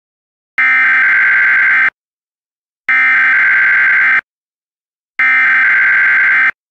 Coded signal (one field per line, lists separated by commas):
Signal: Emergency Alert System (SAME) tones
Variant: header bursts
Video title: EAS Scenario - Tornado Warning VS. Tsar Bomba